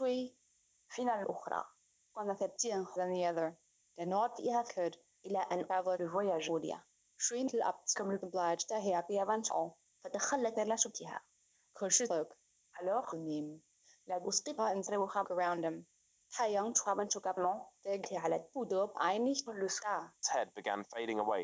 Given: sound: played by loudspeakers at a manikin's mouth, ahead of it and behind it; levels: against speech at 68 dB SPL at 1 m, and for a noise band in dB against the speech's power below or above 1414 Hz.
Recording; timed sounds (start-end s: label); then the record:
test signals for a remote microphone
0.00-20.23 s: speech test signal (ISTS)
20.23-21.43 s: man speaking
From the record:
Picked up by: remote microphone B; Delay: 24 ms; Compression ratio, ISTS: 1.85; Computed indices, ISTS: SII 0.995, HASPI 0.987, HASQI 0.342 (non-linear 0.414, linear 0.827), ESTOI 0.825